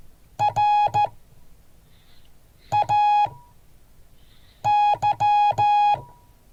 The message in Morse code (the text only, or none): RAY